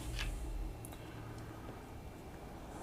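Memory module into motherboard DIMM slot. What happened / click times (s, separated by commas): The memory module latched into its slot / 0.9 s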